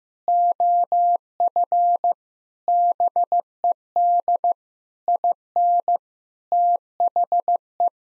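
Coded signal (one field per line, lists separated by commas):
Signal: Morse code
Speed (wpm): 15 wpm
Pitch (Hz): 700 Hz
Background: none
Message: OF BED IN THE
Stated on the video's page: Morse practice at 15 wpm: sentences containing common eight-word phrases, each sent, spoken, then sent again for head-copy.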